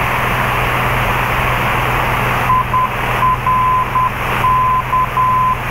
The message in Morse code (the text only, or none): IRK